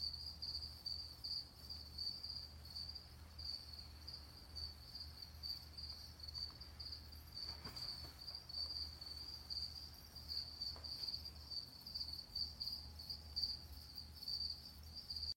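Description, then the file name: Brazilian yellow-backed poison frog giving a continuous series of high, buzzy pulsed notes at an even pace over a low, steady background hum. "Adelphobates galactonotus calling"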